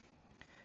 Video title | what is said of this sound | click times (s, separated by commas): How to Remove and Replace the Edging Brush on a Gausium Phantas - (Tutorial) | and it's magnetic. It'll click into place straight away. | 0.4 s